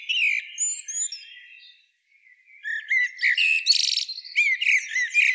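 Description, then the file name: Common blackbird singing: a drawn-out warble with a few high whistles, a brief quiet gap, then rapid squeaky phrases and a harsh buzzy burst. "Turdus merula"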